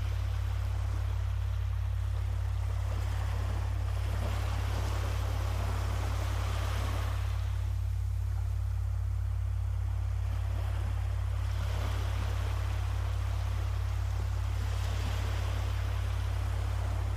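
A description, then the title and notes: Ocean waves wash in and out in slow surges, swelling about every four seconds around 4, 7, 11 and 15 seconds and easing between. Beneath the hiss of surf runs a constant, unchanging low hum, steady and loud throughout. A calming time at the shore.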